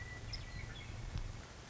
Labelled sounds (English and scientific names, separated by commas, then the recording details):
Western Meadowlark (Sturnella neglecta)
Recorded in Sonoma County, California